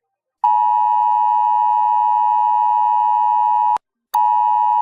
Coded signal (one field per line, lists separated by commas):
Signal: Emergency Alert System (SAME) tones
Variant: 853 and 960 Hz attention tone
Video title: All Brazilian Provinces EAS Alarm Part 1